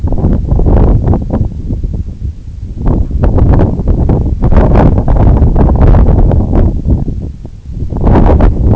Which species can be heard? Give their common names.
none